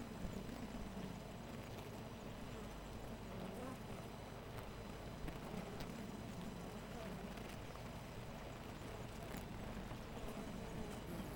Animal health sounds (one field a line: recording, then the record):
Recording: honeybee colony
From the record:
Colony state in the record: missing queen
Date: 14 July 2017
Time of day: 4:05